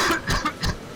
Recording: coughing mixed with background sound